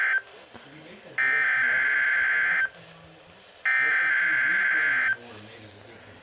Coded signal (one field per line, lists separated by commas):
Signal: Emergency Alert System (SAME) tones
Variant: header bursts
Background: speech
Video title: Required Weekly Test WNG698 (EAS #60)